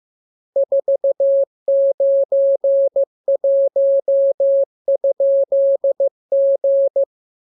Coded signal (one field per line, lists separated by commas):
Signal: Morse code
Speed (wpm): 15 wpm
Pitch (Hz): 550 Hz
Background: none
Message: 491?G